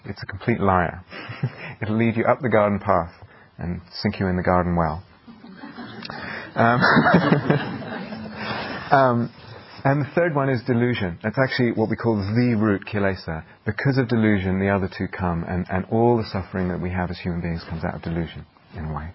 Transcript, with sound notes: It's a complete liar. It'll lead you up the garden path and sink you in the garden well. [laughter] And the third one is delusion. That's actually what we call the root kilesa. Because of delusion, the other two come, and all the suffering that we have as human beings comes out of delusion, in a way.